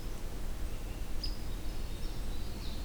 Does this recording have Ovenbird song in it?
no